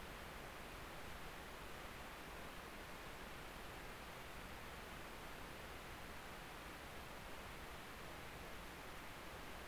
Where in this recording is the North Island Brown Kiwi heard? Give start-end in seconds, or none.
none